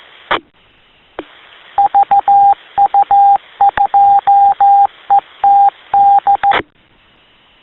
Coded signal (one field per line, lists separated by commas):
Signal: Morse code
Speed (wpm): 14 wpm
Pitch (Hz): 800 Hz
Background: radio noise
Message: VU2ETD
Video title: Pune Hams -Community Radio (CR), Citizen Band Radio (CB) & HAM networks in Disaster preparedness. #6